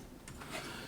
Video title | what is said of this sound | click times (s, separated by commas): Fix_POD_X3L_FootSwitches.mp4 | and now they're all snapped in place now | 0.3 s